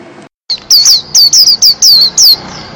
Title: Pleci Juara 1 Nasional pleci Gacor juara nasional teler gacor ropel pleci isian kenari Video 2015